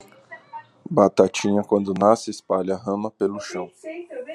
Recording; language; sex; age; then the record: short text; Brazilian Portuguese; male; 30 to 39 years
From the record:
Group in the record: control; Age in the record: 37 years